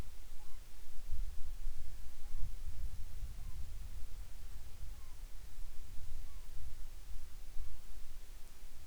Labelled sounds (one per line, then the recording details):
bird
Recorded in the Arctic National Wildlife Refuge, Alaska, on 10 July 2019 at 18:39
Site 44